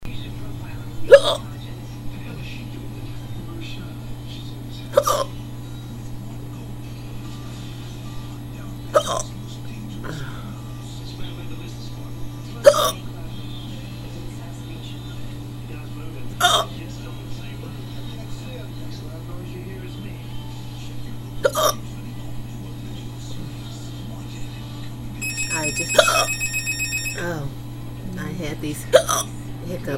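An adult with hiccups: about eight sharp, brief hiccups at a steady pace of roughly one every four seconds.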